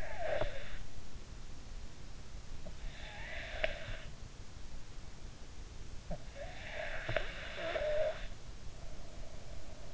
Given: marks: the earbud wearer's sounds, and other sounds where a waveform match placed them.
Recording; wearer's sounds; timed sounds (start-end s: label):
sounds in sleep by an in-ear microphone; snoring breath
0.00-0.84 s: snoring breath
3.13-4.00 s: snoring breath
6.17-8.30 s: snoring breath